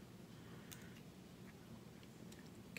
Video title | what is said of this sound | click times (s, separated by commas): Icing on the Flake & Icing on the Flake Strawberry - North Shore Vapor | okay there we go all right all locked into place | 2.8 s